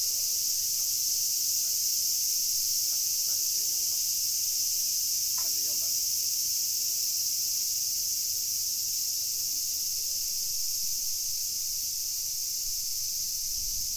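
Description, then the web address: Cicada song, a steady unbroken high hiss-like buzz held throughout, with a faint brief low sound near the middle. Recorded 2 August 2021. "fukudai fu cicada"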